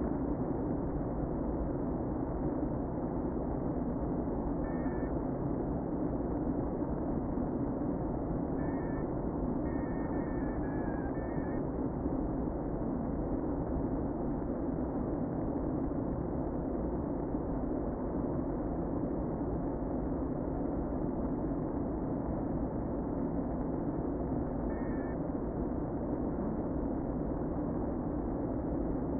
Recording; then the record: honeybee colony, microphone inside the hive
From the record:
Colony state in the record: queen present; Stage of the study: before two queens were removed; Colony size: about 60,000 bees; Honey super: yes